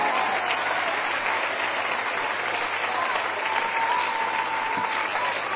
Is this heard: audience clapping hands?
yes